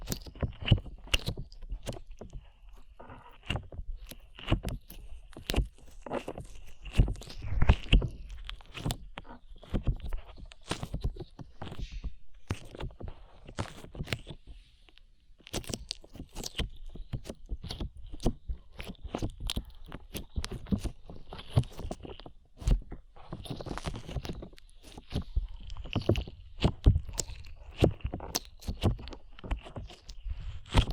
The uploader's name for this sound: ASMR SLIME